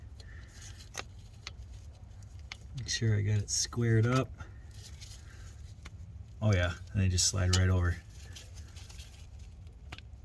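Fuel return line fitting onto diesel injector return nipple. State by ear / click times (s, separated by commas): seated / 9.9 s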